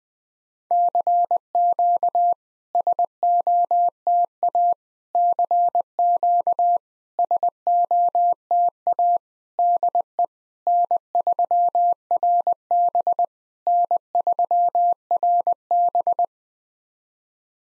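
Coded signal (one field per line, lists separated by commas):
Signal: Morse code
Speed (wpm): 21 wpm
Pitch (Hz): 700 Hz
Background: none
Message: CQ SOTA CQ SOTA DE N3RB N3RB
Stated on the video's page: SOTA QSO practice at 20 wpm: each exchange sent in Morse, then spoken, then sent again in Morse.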